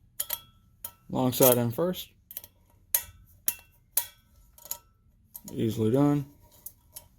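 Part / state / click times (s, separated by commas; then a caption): stainless cook set part fitted onto the cup/pot of a nesting camp cook set / not seated / none. A stainless part of a Stanley Adventure Bowl Compact Cook Set is fitted onto the cup/pot of the nesting camp cook set alongside a Stanley Boil and Brew French Press, with its long side inserted first. Sharp metallic ticks and knocks come between stretches of someone talking. Nothing has seated or clicked yet.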